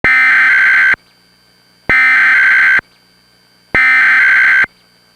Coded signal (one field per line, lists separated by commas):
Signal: Emergency Alert System (SAME) tones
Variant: header bursts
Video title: [EAS Mock: S2 | #18] "Custom CG Test" (10/14/08)